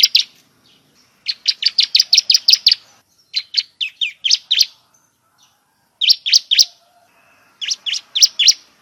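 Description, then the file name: Bar-winged prinia giving quick runs of piercing high chips, several to about ten notes per burst, separated by short pauses. Lure sound used to attract the bird. "suara pikat burung ciblek"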